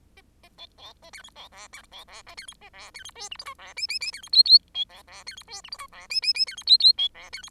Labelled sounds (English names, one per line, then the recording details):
Bengalese Finch song
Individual Bird10